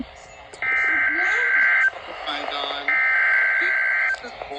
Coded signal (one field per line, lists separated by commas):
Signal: Emergency Alert System (SAME) tones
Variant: header bursts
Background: speech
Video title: SVR #18 (EAS #30)